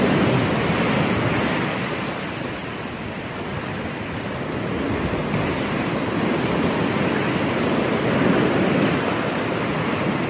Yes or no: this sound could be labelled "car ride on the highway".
no